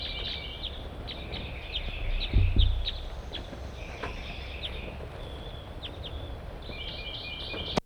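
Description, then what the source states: Crossbill calls, short sharp repeated chips in loose series over low rumbling background noise. A couple of crossbills on top of a cottage chimney, picking around for grit.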